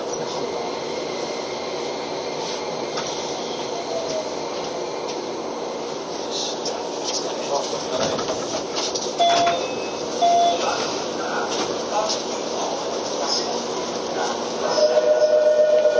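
A ride aboard a Keio 5000 series train, with a steady rumble and hiss of the running train filling the whole clip. Around nine and ten seconds two short tones sound, and near fifteen seconds a longer tone rises as the sound grows louder.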